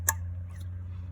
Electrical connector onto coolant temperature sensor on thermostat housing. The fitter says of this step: You make sure you hear it click.